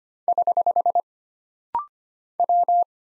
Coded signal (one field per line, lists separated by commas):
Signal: Morse code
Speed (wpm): 25 wpm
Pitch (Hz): 700 Hz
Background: none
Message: <HH> W